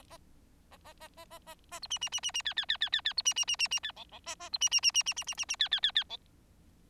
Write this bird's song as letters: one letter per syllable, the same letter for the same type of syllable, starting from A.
A A A A A A A B C C C C C D D D D D D B C C C C C D E E A A B C C C C C C C C C D D D D E